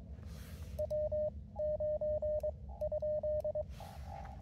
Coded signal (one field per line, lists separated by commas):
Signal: Morse code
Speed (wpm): 22 wpm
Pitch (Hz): 610 Hz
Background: radio noise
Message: W9 ?